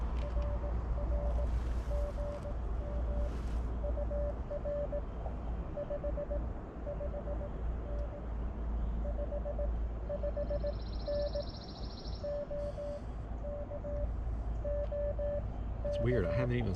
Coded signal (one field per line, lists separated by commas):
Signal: Morse code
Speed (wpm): 17 wpm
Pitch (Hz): 600 Hz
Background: none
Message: RR GM UR 55N 55N OK OK